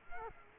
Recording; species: mosquito wingbeat signal from an infrared sensor; Culex quinquefasciatus